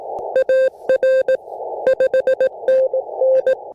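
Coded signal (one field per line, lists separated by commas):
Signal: Morse code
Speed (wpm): 21 wpm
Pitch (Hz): 560 Hz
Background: none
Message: AR 5NN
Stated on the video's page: Portable amateur operation testing the Elecraft AX1 antenna.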